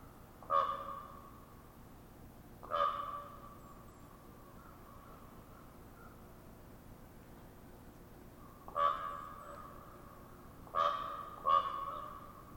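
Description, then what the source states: Common raven producing loud hollow pops, two early and three later, the last two coming in quick succession. Ravens giving popping calls in a conversational exchange.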